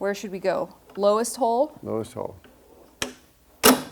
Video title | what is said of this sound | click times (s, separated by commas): Rialto Reformer - Rozpakowanie i montaż | and it just snaps right in beautiful awesome okay | 3.0 s